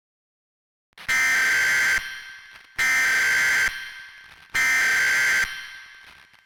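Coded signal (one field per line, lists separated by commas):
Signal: Emergency Alert System (SAME) tones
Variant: header bursts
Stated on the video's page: Fictional alternative EAS scenario.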